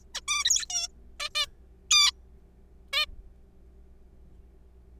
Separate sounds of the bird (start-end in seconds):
0.15-0.21, 0.28-0.65, 0.70-0.88, 1.20-1.29, 1.35-1.46, 1.91-2.12, 2.93-3.06